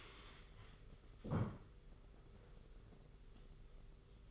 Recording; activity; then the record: daily activity, microphone in the room; stand up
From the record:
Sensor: 4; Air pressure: 991.3 hPa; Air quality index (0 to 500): 137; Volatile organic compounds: 54 ppm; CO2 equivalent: 3351 ppm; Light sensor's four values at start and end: 25/80/30/31 and 25/79/29/31